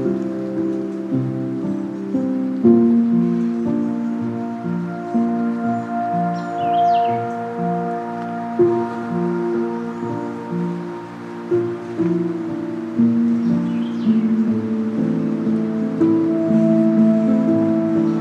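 A wetland scene at Corkscrew Swamp: a dense, layered wash of low, steady tones shifts every second or two under a soft, rain-like hiss. Brief high chirps, like a bird, break through around seven and fourteen seconds.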